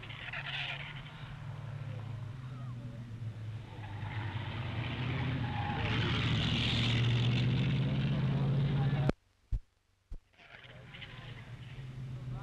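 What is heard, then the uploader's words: Race car engines roar steadily and swell louder toward nine seconds, then cut off abruptly to near silence with brief clicks before the rumble returns. EARLY AUTOMOBILE ROAD RACES, 1930S. CIRCA 1930 SPEED CAR RACE THROUGH RURAL AREA, LOAD ROARING ENGINES OF RACE CARS AS THEY SPEED BY ON RURAL ROADS, SPECTATORS COMMENT.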